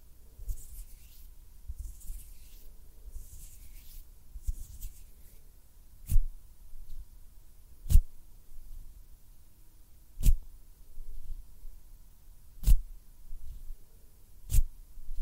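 Close-up hand sounds: soft, brushing flutters of fingers fill the first five seconds in short bursts. After that, sharp single taps or snaps land about every two seconds, around 6, 8, 10, 12.5 and 14.5 seconds, over a low, quiet rumble.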